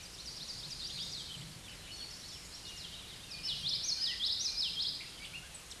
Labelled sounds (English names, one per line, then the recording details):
Common Yellowthroat song
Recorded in a Pennsylvania forest on 16 May 2024 at 07:28
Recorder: AudioMoth, point MSD-1418
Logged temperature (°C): 16.4 °C
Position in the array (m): 229 m, 182 m